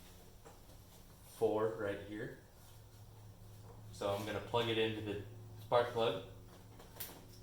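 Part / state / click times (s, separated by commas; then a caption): spark plug wire boot onto spark plug terminal / seated / 7.0 s. Someone talks while a freshly crimped MSD spark plug wire boot, a rubber boot over a metal terminal, is pushed onto the number 4 spark plug terminal of a third-gen 1982–92 Camaro small-block Chevy, pressed on until it clicks to confirm it is seated. A short, sharp click at 7.0 s marks the boot seating onto the plug.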